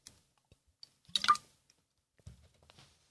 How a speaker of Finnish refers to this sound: Google sanoo, hörpään vettä.